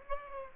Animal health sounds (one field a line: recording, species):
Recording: mosquito wingbeat signal from an infrared sensor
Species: Aedes aegypti